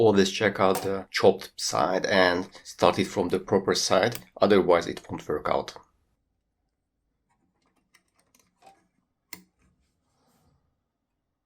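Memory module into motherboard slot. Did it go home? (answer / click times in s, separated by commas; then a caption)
yes / 9.3 s. Someone talks, then a notched memory module, lined up by its cut corner, is pressed without force into the slot of a 386-era motherboard from around 1993. A few faint taps follow around 8.0–8.4 seconds, then a single sharp click at 9.3 seconds as the module seats in the slot.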